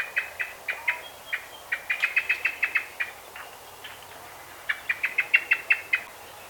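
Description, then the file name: Common blackbird giving a long series of sharp, evenly spaced chink notes that speed up into tight rattling runs, then pause and resume. "Turdus merula"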